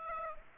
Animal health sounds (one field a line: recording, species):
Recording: mosquito wingbeat signal from an infrared sensor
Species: Aedes aegypti